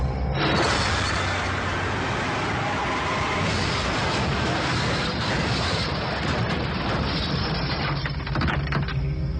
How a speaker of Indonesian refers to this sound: Bis menabrak tembok pembatas jembatan lalu terguling.